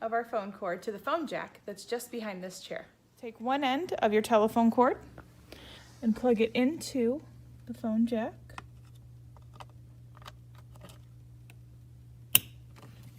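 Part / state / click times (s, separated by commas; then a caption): telephone cord plug into wall phone jack / seated / 12.3 s. One end of a telephone cord's plastic RJ11 plug is pushed into the wall phone jack behind a chair while someone talks. After a stretch of quiet handling noise and a low hum, a sharp click at 12.4 s marks the plug latching into the jack, and the plug is seated.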